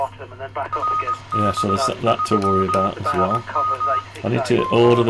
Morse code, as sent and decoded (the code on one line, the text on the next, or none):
.-. -... ...-- ... --
RB3SM